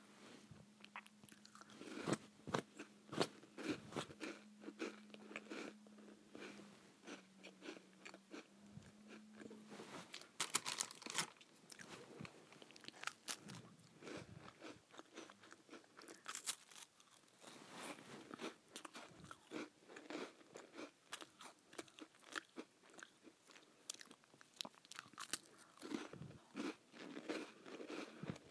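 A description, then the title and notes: Crackers are eaten in a steady run of crisp bites and crunchy chewing, dense sharp crackles repeating every fraction of a second for the whole stretch. A low steady hum sits underneath for the first ten seconds, then drops away. ASMR Eating Crackers.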